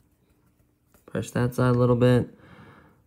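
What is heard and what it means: A small plastic part with tiny side tabs, not fully in on a WLtoys K989 RC car chassis, is handled with one side about to be pushed. Faint handling noise comes first, with a small tap near 0.9 s, then someone talks. Nothing has seated or clicked yet.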